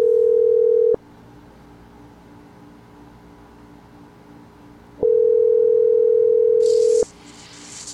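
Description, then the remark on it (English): A steady, mid-pitched telephone ringing tone of an outgoing call sounds in two long bursts, the first cut off after a second and the second lasting about two seconds, separated by a quiet gap with faint background hiss, as callers try to get someone to answer the phone. “Says it's calling, for God's sake.”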